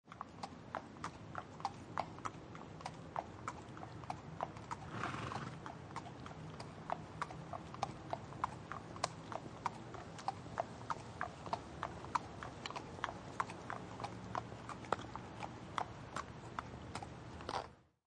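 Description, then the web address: Horse hooves clop steadily on a hard surface, roughly one to two steps each second, with a single breathy snort bursting out around five seconds in. Horse walking slowly on pavement and snorting. "SFXBible animals-horse-walk-slow-pavement-snort"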